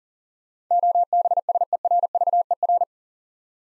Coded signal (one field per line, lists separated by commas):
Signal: Morse code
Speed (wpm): 39 wpm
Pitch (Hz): 700 Hz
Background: none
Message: OBSERVER